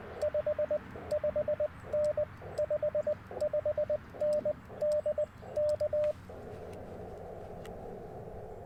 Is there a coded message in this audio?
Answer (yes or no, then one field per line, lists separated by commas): yes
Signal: Morse code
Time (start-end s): 0.2-6.1 s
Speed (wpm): 20 wpm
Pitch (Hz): 600 Hz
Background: radio noise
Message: 55N 55N DK